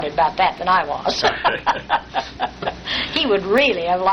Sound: laughter